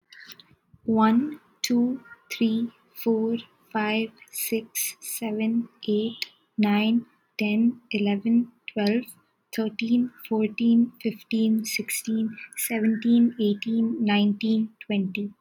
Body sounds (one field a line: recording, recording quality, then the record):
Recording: counting at a normal pace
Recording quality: excellent, no background noise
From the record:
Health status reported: healthy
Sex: female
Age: 20 years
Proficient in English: yes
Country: India